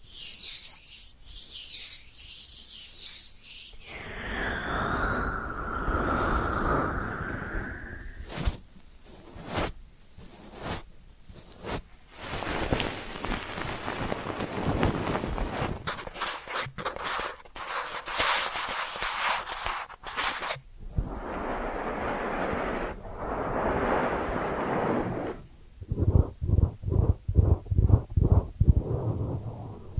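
Ear cleaning triggers: close-up rubbing, scraping and brushing sounds that change character every few seconds. A smooth swirling rub gives way to bursts of scratchy strokes, then a softer hiss, ending with a quick run of rhythmic taps over the last five seconds.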